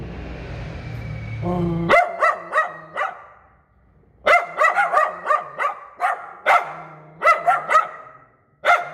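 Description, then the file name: Poodle whining at first, then barking in quick volleys of several yaps, separated by pauses. "Tieng cho poodle sua"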